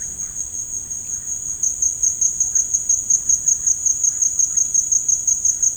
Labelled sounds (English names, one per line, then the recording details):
Russet-backed Oropendola
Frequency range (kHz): Russet-backed Oropendola 0.7-3.0 kHz
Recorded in dense forest near Puerto Asís, Putumayo, Colombia, on 29 June 2025 at 12:00
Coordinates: 0.481, -76.323
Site G072